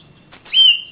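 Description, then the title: Oriental magpie-robin song: a single clear whistled note held at a high, nearly steady pitch for under half a second, preceded by faint soft chirps. Champion master songbirds from Kalimantan and Sumatra, Indonesia, described as gacor, singing persistently; local name kacer. "Kicau Kacer Juara Master Kalimantan Sumatra Gacor"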